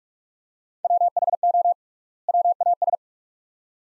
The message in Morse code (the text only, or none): WHO WAS